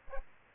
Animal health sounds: mosquito wingbeat signal from an infrared sensor; Aedes aegypti

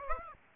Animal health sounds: mosquito wingbeat signal from an infrared sensor; Aedes aegypti

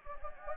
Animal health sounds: mosquito wingbeat signal from an infrared sensor; Anopheles gambiae

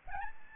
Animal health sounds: mosquito wingbeat signal from an infrared sensor; Aedes albopictus

